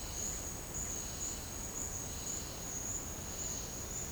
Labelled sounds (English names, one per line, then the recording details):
none
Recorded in secondary vegetation near Puerto Asís, Putumayo, Colombia, on 12 March 2025 at 12:30
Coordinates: 0.485, -76.322
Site G040